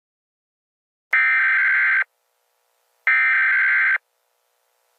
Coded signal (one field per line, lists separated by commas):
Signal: Emergency Alert System (SAME) tones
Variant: header bursts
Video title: Eas scenario angry munci (this is the best I can do)